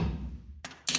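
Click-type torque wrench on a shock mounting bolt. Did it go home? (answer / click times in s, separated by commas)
yes / 0.6 s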